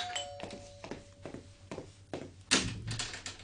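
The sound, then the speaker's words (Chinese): A door being opened at a hospital: a run of soft thumps and taps, then a sharper latch-like clack partway through, with a faint sustained tone lingering at the start. “我而家喺医院啊，等我开门啦。”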